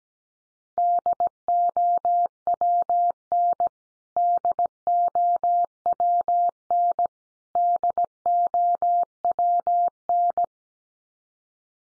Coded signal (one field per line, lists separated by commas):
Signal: Morse code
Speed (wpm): 17 wpm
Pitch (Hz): 700 Hz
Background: none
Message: DOWN DOWN DOWN